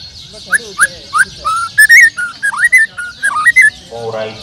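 Bird whistles: a series of clear, mid-pitched whistled notes, some rising and some wavering, about one to two a second, ending in a rougher burst.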